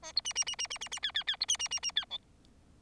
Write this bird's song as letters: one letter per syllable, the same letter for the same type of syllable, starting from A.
A B C C C C C C C D D D B C C C C D E